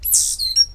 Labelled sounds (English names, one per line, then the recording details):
Stitchbird song
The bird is a male
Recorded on Tiritiri Matangi Island, New Zealand, in 2005
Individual 8, of nest box 10